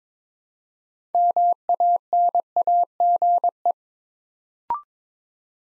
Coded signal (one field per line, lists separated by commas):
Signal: Morse code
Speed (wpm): 22 wpm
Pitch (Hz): 700 Hz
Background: none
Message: MANAGE